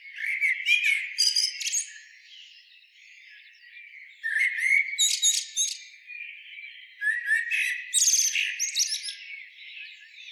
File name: Turdus merula